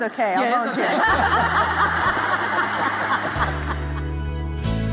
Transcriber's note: laughter